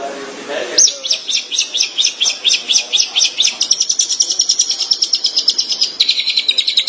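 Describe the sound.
Long-tailed shrike song: high, grating notes that start spaced and then speed into a dense, fast chatter that runs to the end.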